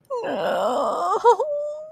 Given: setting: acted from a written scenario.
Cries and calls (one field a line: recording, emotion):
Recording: vocal sound without words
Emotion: sadness